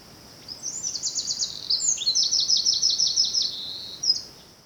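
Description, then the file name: Eurasian wren song: a loud, high, rapid outpouring of trills and ticking notes lasting nearly four seconds, with a steady background hiss. "Troglodytes troglodytes"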